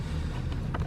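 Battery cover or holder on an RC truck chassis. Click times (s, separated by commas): 0.8 s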